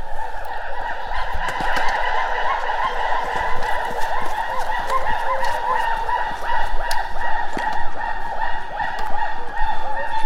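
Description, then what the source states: Gibbons calling, loud notes merging into a dense continuous chorus. Gibbons in the mountains on day five of waiting, on a morning with light rain and fog, heard at close range and very loud.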